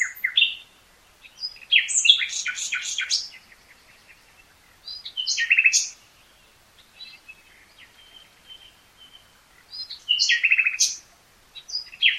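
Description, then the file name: Common nightingale song in several separate phrases, each a loud mix of whistles, clicks and chattering notes, split by silences with soft thin notes between. "Luscinia megarhynchos"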